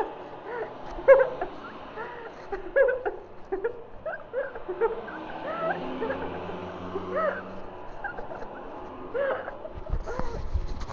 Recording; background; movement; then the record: laughter; traffic; sitting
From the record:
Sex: female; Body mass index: 18.8 kg/m2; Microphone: on the chest, facing outward